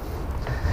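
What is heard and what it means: A lithium battery pack is slid along its grooves into the battery chamber of a Stihl MSA 120 C cordless chainsaw and clicks at 0.5 s into the first of two lock positions. The pack is held and will not fall out, but the saw will not run until the battery is pushed fully in. A low rumbling background runs throughout.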